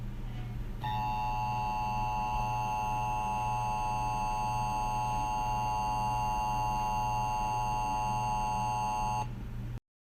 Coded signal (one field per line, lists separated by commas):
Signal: Emergency Alert System (SAME) tones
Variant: 853 and 960 Hz attention tone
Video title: EAS Scenario #1: Reversed Time (CREDITS IN THE DESC)